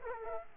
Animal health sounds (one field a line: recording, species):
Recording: mosquito wingbeat signal from an infrared sensor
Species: Aedes aegypti